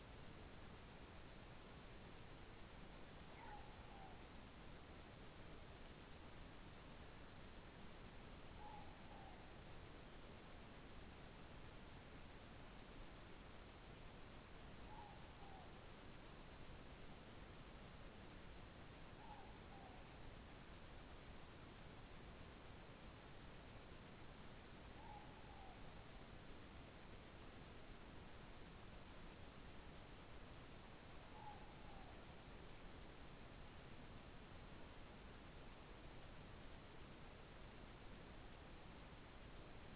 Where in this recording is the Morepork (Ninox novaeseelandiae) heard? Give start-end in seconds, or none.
3.29-4.21, 8.38-9.42, 14.69-15.71, 19.11-19.99, 24.82-25.81, 31.18-32.10